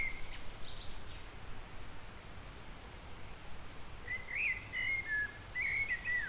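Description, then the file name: Eurasian blackbird song: a brief note at the start, high chirps, a quiet pause, then a longer warbling fluted phrase. "Turdus merula"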